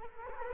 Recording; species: mosquito wingbeat signal from an infrared sensor; Culex quinquefasciatus